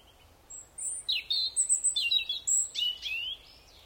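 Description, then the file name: European robin song, a varied high phrase of thin whistles and rapid twittering notes, shifting pitch from note to note. "Erithacus rubecula"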